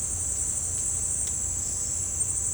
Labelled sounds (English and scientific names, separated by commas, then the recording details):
none
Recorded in dense forest near Puerto Asís, Putumayo, Colombia, on 21 December 2024 at 17:30
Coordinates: 0.481, -76.323
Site G100